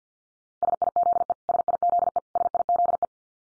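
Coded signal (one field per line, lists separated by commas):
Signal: Morse code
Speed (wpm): 50 wpm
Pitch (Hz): 700 Hz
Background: none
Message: SIZE SIZE SIZE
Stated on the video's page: Head-copy drill of the 500 most common English words at 50 wpm, each word sent three times in Morse, spoken, then sent again.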